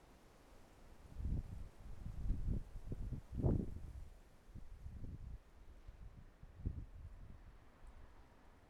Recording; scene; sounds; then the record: everyday scene through a hearing-aid microphone; wind on the microphone; wind, traffic, birds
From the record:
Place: suburban garden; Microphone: behind the ear, right, front